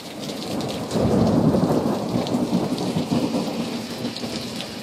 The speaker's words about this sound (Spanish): Gracias por este momento de lluvia.